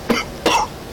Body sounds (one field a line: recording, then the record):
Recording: coughing mixed with background sound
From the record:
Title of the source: Coughing 60